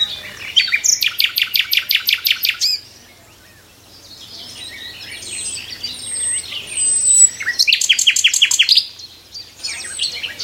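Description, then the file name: Common nightingale song: two loud rattling bursts of rapid repeated clicks separated by soft varied notes and thin high whistles. "Nachtegaal"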